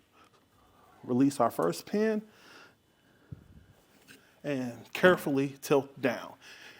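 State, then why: Not seated. Someone talks while the first pin is released on a Hollywood Racks Sport Rider SE 2 hitch-mounted electric bike platform rack, on a 2022 Volkswagen Atlas Cross Sport, and the platform is carefully tilted down toward the position where its spring tilt lock pin will hold it. Speech runs through the clip with a brief low thump near 3.3 s. The tilt lock pin has not seated or clicked yet.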